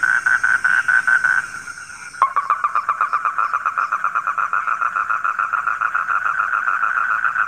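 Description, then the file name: Frog croaking in pulses that pause briefly, then break into a faster, lower train of rapid notes, about four per second. Heard at night. "suara kodok di malam hari"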